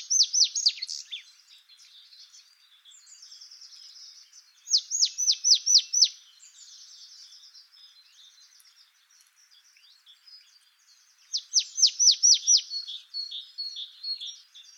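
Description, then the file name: Marsh tit giving three bursts of rapid, descending high notes, each about a second long, separated by soft buzzy twittering. "Poecile palustris"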